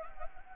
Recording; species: mosquito wingbeat signal from an infrared sensor; Anopheles gambiae